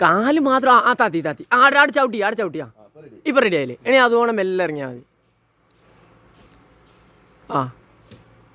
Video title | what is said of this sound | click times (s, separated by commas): ആരും ചിരിക്കരുത്🤣🤣🤣#kuwaitcity #instagram #tamil #nursing #friends #kwt #shopping #food #christmas | നമ്മുടെ കാല് പൊന്തണം അല്ലേ ആലോ അത് ലോക്ക് ആയി | 8.1 s